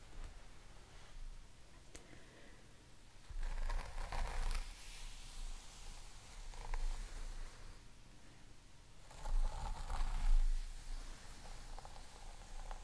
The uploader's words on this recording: ASMR Crown Chakra Hair Treatment Crystal Comb, Massage, Hair Brushing.